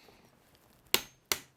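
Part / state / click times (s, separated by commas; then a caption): torque wrench tightening the crank bolt on a mountain bike crankset / torque reached / 0.9 s, 1.3 s. A torque wrench, set to 50 Nm as marked on the crank because the crankset is unfamiliar, tightens the crank bolt on a TMS Play 2024 mountain bike crankset. Faint ticks precede two sharp, loud clicks at 0.9 s and 1.3 s, each decaying briefly. The wrench clicks at its setting, meaning the bolt is tightened perfectly.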